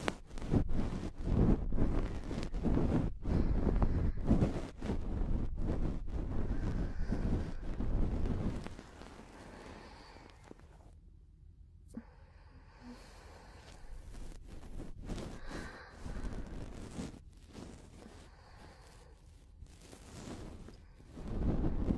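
Close-up ear cleaning: for the first eight seconds, loud, dense scratching and rubbing sounds come in quick, irregular bursts. After that it turns much quieter, with soft, sparse rustles, a brief near-silence around eleven seconds, and faint hiss swelling now and then.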